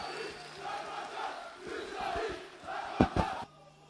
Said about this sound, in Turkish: Kendi deyimiyle Peygamberimizin izinin tozuyum diyen merhum Başbakanımız Profesör Necmettin Erbakan'ın çok değerli evlatları, mahdumu Sayın Fatih Erbakan, alkışlarımızı sahneye almak istiyorum. Buyurun efendim.